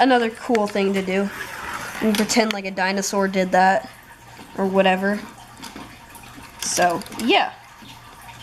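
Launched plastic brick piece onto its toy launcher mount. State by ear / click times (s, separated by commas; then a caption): not seated / none. Someone talks while handling a launched plastic Lego brick piece from the Jurassic World Indoraptor Rampage 75930 and Dilophosaurus Outpost Attack 75931 sets, bringing it back toward its toy launcher mount. One sharp hit sounds in a pause at about 6.6 s, followed by a little more talk. Nothing has seated or clicked into place yet.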